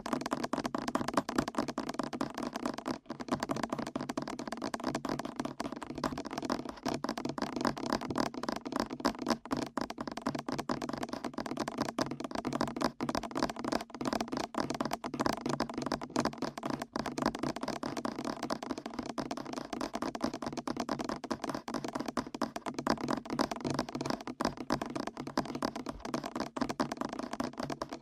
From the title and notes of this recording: ASMR Fast Ear Tapping (No Talking).